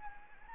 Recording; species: mosquito wingbeat signal from an infrared sensor; Anopheles gambiae